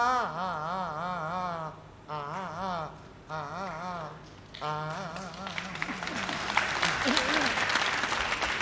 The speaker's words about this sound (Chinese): 那你怎么给唱了？大家伙儿先听了，先给你鼓掌了。 不是， 待会儿再听我这不新鲜。 没有， 我唱完了以后没人鼓掌。